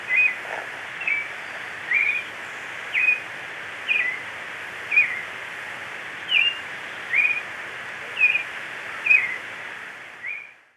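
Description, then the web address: Marañon thrush delivering a long run of brief whistled phrases, roughly one per second, with a steady background hiss behind. Recorded in Ecuador. "Natures Songs S America Birds of Ecuador Marañon Thrush"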